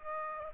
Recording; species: mosquito wingbeat signal from an infrared sensor; Aedes aegypti